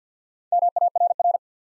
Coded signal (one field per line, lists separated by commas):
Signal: Morse code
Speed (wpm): 48 wpm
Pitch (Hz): 700 Hz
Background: none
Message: MARR